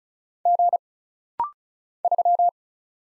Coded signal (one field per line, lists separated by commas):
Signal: Morse code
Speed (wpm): 36 wpm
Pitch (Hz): 700 Hz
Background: none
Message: G 3